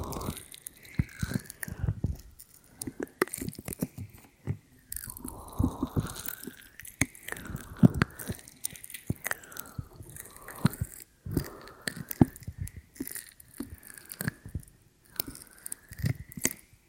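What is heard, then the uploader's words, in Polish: Ear cleaning: dense crackling, scratchy clicks and rustles pop irregularly throughout, with sharp louder snaps every second or so. Over them, soft rubbing swishes rise and fall in pitch in repeated arcs. Brief quiet gaps separate some bursts. CZYSZCZENIA USZU ASMR po polsku.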